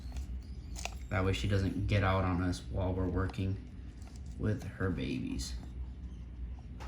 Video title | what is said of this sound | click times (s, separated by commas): Rehousing Tons of Baby Scorpions!! (Uroctonus mordax/California Forest Scorpion) | Put the lid back on and 100% make sure it snaps in place. | 0.8 s